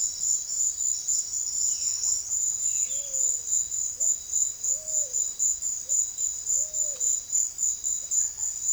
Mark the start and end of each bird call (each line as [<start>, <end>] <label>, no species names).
[1.73, 3.44] bird call
[3.87, 4.12] bird call
[4.66, 5.26] bird call
[5.79, 7.17] bird call